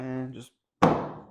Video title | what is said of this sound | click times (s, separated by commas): Taillight replacement Ford F150 | it should click in like that and stay by itself no problem | 0.8 s